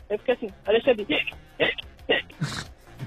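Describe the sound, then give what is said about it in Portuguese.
A voice imitates hiccups with a quick run of short, sharp vocal yelps in an uneven rhythm, finishing with a breathy, noisy gasp. “Aí eu cheguei em casa, eu fiquei com soluço, mano.”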